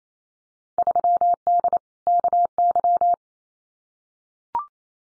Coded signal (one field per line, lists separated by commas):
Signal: Morse code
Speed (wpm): 28 wpm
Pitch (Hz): 700 Hz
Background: none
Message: 3D KY